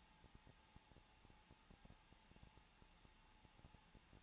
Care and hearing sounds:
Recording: daily activity, microphone in the room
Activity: no activity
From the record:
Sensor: 1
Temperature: 20.2 degrees Celsius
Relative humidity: 35.7%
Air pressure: 994.5 hPa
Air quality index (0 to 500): 182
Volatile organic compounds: 7 ppm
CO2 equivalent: 1999 ppm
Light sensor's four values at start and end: 1/2/1/1 and 1/2/1/1

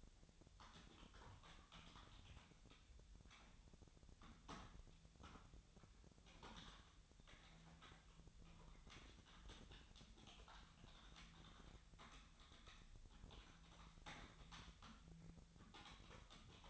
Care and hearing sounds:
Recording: daily activity, microphone in the room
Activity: typing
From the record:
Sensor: 3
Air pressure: 1009.4 hPa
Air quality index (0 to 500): 196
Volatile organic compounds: 16 ppm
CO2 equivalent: 2552 ppm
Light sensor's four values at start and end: 35/88/37/40 and 36/88/38/41

